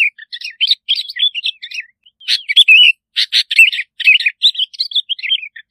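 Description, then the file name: Bulbul song: a rapid stream of chattering, warbled notes and sharp chips, high-pitched throughout, with only brief pauses. "Tieng chao mao bong lau"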